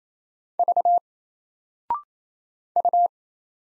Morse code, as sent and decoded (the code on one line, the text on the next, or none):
...- / ..-
V U